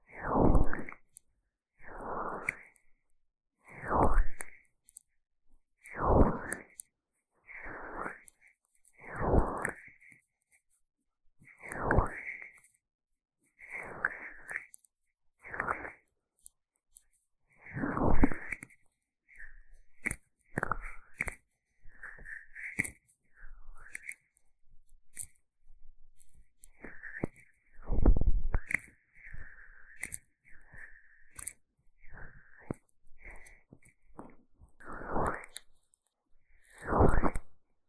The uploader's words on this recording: ASMR 蘆薈凝膠按摩耳朵 | Aloe based gel sticky Earmassage | 3Dio | NoTalking.